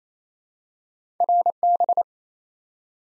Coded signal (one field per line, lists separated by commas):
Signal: Morse code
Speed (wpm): 28 wpm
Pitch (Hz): 700 Hz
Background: none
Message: RB